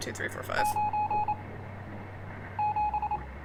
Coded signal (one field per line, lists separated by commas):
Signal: Morse code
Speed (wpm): 27 wpm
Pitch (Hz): 840 Hz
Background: speech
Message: 9 7